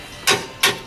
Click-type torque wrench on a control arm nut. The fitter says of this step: Then you heard that one click in.